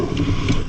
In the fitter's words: Hear it click, letting you know we've made solid contact.